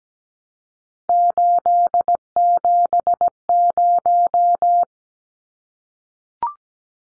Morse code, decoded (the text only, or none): 870